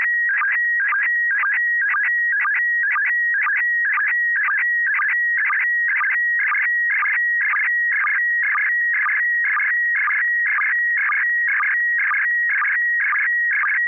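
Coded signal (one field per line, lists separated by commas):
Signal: SSTV (slow-scan television)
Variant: PD 120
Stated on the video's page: SSTV images exchanged during a weekly amateur radio net on an FM repeater at 441.300 MHz, sent with MMSSTV.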